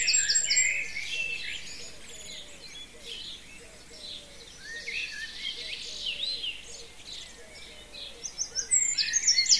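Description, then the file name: Birds singing in a dense chorus of high chirps, trills and twitters, with a soft lower note repeated steadily beneath them for most of it. "zvuki peniia ptits"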